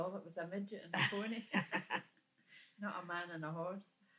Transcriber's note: laughs